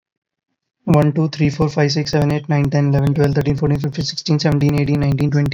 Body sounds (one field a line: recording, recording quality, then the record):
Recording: counting at a fast pace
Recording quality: excellent, no background noise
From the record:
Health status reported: COVID-19 positive, no symptoms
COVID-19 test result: positive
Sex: male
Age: 23 years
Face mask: not worn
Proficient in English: yes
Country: India